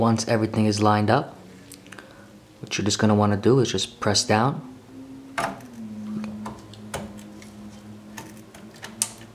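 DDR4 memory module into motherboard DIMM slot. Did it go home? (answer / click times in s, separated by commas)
yes / 9.0 s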